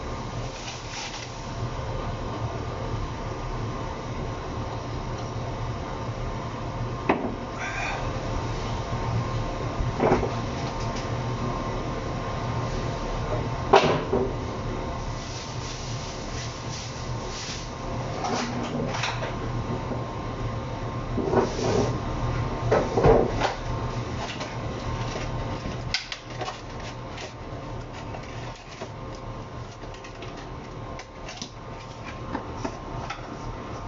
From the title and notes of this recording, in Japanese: 調理の音 鶏むね野菜炒め。キッチンでの物音をお送りします。主に鶏むね野菜炒め（一部卵とじ）を作っています。